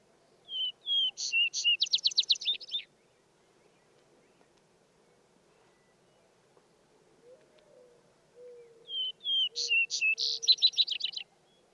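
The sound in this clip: Vesper sparrow singing two songs, each opening with slurred whistled notes and ending in a rapid trill, with quiet low whistled notes in the pause.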